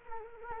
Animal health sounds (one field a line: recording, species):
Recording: mosquito wingbeat signal from an infrared sensor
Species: Culex quinquefasciatus